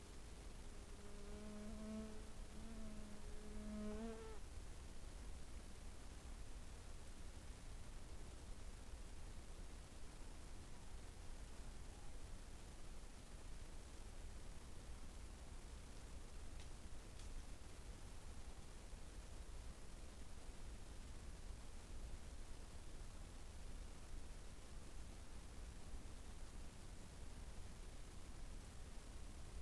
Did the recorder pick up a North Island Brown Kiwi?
no